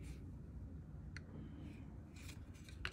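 An unloaded Glock 19 compact pistol is pushed straight down into a Safariland Schema polymer inside-the-waistband holster. Soft rubbing and scraping bursts of handling are heard over a low rumble, around 1.2 s, 2.2–2.3 s and at the very end. The pistol has not seated or clicked into the holster yet.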